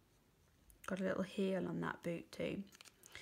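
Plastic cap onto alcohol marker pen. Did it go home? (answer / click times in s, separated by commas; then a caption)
no / none. Someone talks while handling a plastic cap being pushed back onto an alcohol marker pen after colouring; the cap is meant to be snapped on tight so the alcohol in the pen does not dry out. Only a few faint, brief ticks are heard around the speech. The cap has not snapped or seated yet.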